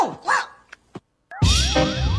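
A cartoon dog, Canito the detective dog, gives a couple of short, high yelping barks with sliding pitch, followed by a few clicks, a brief pause, and then a burst of loud, busy cartoon-style music with swooping tones.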